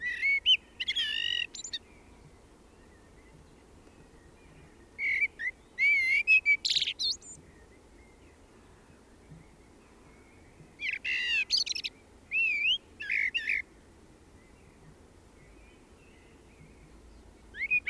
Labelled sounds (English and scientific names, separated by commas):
Common Blackbird (Turdus merula) song